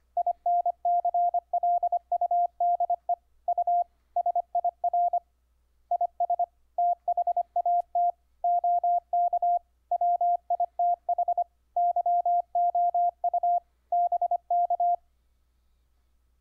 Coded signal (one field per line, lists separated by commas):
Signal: Morse code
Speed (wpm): 25 wpm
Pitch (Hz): 700 Hz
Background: none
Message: INCLUDE U SIR IS THAT OK WITH YOU BK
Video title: Setup Dahdidah keyer on UBUNTU 12.04 using WINE